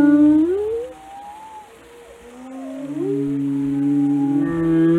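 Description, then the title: Whale calls: a rising whistled sweep, a quieter gap, then long low moans joined by higher tonal notes that swell toward the end. "Whale Watching: A Close Encounter with the Giants of the Sea"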